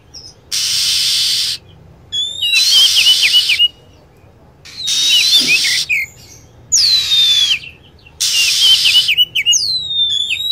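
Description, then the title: Lovebird calls: short buzzy screeches alternate with brief silent gaps, with quick twittering whistles in between. Lure sound for attracting lovebirds. "PIKAT BURUNG LOVEBIRD"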